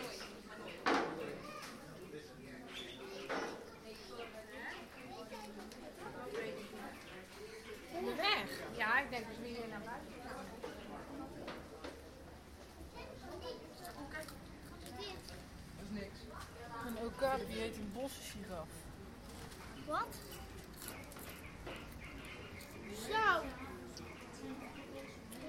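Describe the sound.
Visitors talk around a listener walking through the zoo, a steady blur of overlapping voices. Sharper calls or shouts, perhaps children, rise out of the chatter near 1, 8, 17, 20 and 23 seconds over a low outdoor hum.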